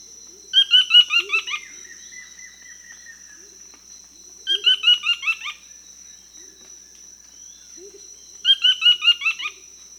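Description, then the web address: Buff-throated foliage-gleaner calling three times, roughly every four seconds, each a quick series of harsh, chattering notes sliding downward, with a constant high-pitched tone throughout. Recorded in Peru. "Natures Songs S America Birds of the Amazon 2. Buff-throated Foliage-gleaner (Automolus ochrolaemus), Peru"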